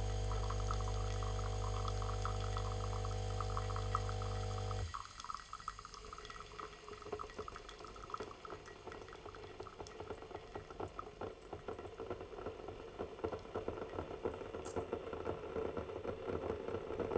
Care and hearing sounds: daily activity, microphone in the room; make coffee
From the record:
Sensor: 4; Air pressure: 1010.2 hPa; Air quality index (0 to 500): 178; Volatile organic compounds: 5 ppm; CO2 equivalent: 1802 ppm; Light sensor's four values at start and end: 28/82/32/31 and 28/82/32/32

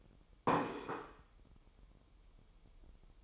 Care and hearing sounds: daily activity, microphone in the room; place plate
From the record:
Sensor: 1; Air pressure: 988.6 hPa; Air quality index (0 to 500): 197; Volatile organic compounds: 943 ppm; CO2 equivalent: 5239 ppm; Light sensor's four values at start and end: 25/93/35/37 and 25/93/35/37

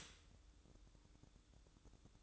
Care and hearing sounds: daily activity, microphone in the room; stop toaster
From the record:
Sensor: 3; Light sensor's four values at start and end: 9/21/9/9 and 9/21/9/9

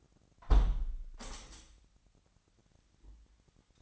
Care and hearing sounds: daily activity, microphone in the room; close window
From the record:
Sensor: 3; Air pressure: 997.9 hPa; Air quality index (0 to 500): 146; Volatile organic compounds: 5 ppm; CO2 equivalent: 1743 ppm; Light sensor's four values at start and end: 15/43/17/16 and 15/43/17/16

